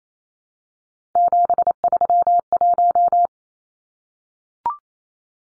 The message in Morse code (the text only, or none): 731